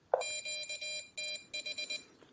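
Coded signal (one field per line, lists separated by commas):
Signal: Morse code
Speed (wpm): 20 wpm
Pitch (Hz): 2400 Hz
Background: none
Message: QTH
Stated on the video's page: Morse beacon from a uSDX transceiver at 3 W.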